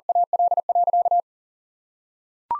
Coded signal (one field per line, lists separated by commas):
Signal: Morse code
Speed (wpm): 40 wpm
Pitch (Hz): 700 Hz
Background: none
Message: AL.